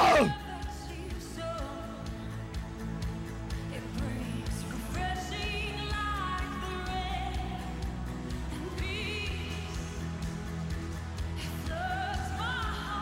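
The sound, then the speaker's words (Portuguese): An audience at a religious meeting, urged to shout louder, shouts together in a loud, sustained roar, with overlapping cries and whoops rising over a dense wash of crowd noise that holds steady for the whole stretch. “Dê um grito mais forte.”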